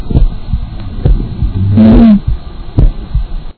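A single low-pitched musical tone lasting just over half a second, rising slightly in pitch, stands out over soft thumping heart sounds, heard over an adult's chest. It is a wheeze, a continuous musical breath sound from air moving through narrowed airways.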